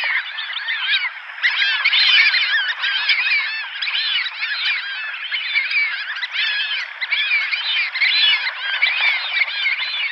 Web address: Schulze Peter Fulvous Whistling-Duck